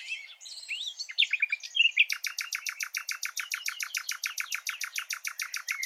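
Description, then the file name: Common nightingale song: a short jumble of varied chirps and whistles, then a long, fast, steady run of identical sharp repeated notes. "Luscinia megarhynchos"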